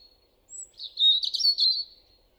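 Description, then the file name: European robin song: a thin high whistle, then a fluid, trilling warble of twittering notes that fades out. "Erithacus rubecula"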